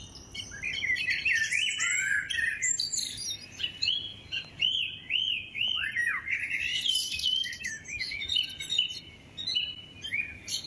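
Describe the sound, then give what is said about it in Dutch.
A blackbird and a song thrush, recorded in Kampen, sing together, with overlapping fluting phrases and sharp, repeated whistled notes weaving over a steady, faint background hiss. “En Maarten Oranje stuurt ons vanuit Kampen een duoconcert van Merel en Zanglijster.”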